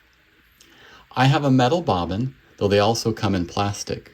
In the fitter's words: with a little pressure you'll hear a click as it sets in place